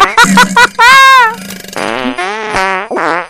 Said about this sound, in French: Tout le monde aime les pets. Tout le monde, surtout les pets sauces comme ça en finale.